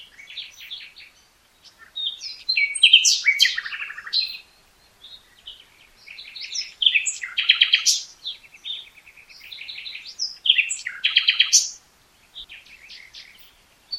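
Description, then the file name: Common nightingale singing a rich, varied sequence of chattering trills, sharp whistles and rapid repeated notes in several long phrases with short breaks. "Luscinia megarhynchos"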